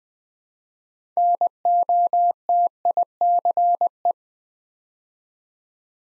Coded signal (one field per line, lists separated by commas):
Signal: Morse code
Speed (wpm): 20 wpm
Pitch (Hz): 700 Hz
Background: none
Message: NOTICE